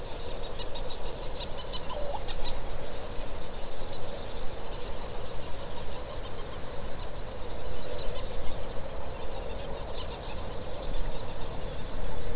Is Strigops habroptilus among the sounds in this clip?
no